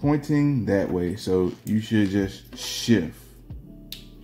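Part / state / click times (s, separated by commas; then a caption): hard drive bracket in computer chassis / released / 3.9 s. Someone talks while lifting a small knob and pulling the hard drive bracket in the chassis of an HP Pavilion All-in-One 22-a113w computer. The bracket shifts free with a sharp click at 3.9 s, releasing it so the drive can be lifted out.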